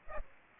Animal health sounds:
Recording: mosquito wingbeat signal from an infrared sensor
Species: Aedes aegypti

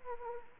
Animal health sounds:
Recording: mosquito wingbeat signal from an infrared sensor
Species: Anopheles arabiensis

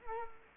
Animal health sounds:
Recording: mosquito wingbeat signal from an infrared sensor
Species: Culex quinquefasciatus

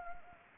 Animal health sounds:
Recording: mosquito wingbeat signal from an infrared sensor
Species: Anopheles gambiae

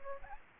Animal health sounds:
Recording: mosquito wingbeat signal from an infrared sensor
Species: Anopheles gambiae

